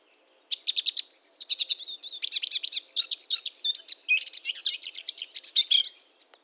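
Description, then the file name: Eurasian blackcap song: one long, continuous outpouring of rapid twittering and whistled notes lasting about five and a half seconds. "Sylvia atricapilla"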